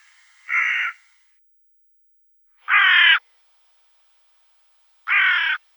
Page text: аудиоопределитель Б.Н. и О.Д. Вепринцевых) Серая ворона